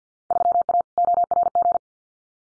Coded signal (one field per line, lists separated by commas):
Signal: Morse code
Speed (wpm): 50 wpm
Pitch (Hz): 700 Hz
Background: none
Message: 3A ORG